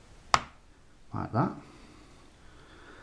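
A small flat screwdriver turns the cam screw of the processor socket on a Dell Inspiron 1501 laptop motherboard to the left, and one sharp click sounds at 0.3 s as the cam lock clicks open. Someone talks just afterward. The socket is unlocked and the processor is released to come out.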